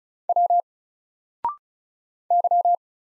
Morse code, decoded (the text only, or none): W Y